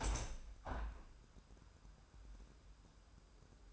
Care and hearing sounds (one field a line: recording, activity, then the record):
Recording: daily activity, microphone in the room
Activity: open window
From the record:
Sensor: 2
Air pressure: 998.4 hPa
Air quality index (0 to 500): 146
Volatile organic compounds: 4 ppm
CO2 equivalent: 1657 ppm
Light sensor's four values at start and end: 8/20/9/9 and 9/21/9/10